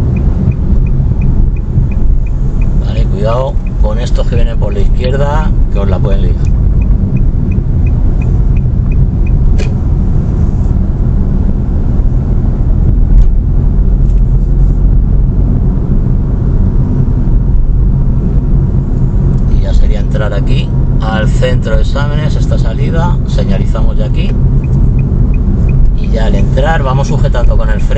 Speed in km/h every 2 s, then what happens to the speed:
37, 35, 32, 35, 31, 30, 32, 33, 37, 37, 38, 39, 38, 36.
0-9 slows to 30. 9-21 speeds up to 39. 21-28 steady at about 38.